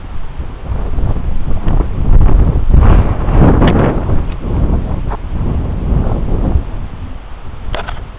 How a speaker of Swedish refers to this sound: Ja, nu är jag ganska högt upp så det är otroligt blåsigt. Otroligt blåsigt här då.